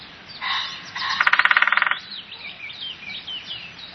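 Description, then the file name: Woodpecker drumming, a quick burst of hard repeated pulses, preceded by a shorter buzzy sound, with high songbird whistles. "spechtgb"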